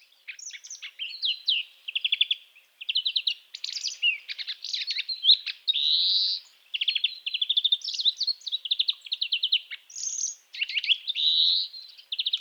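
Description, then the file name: European greenfinch song, a long run of rapid rattling trills and twitters broken by drawn-out nasal wheezes. "Chloris chloris"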